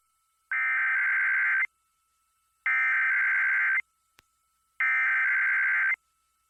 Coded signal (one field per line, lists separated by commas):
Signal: Emergency Alert System (SAME) tones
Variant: header bursts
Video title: [EAS #2292-#2295] Typical Monday RWTs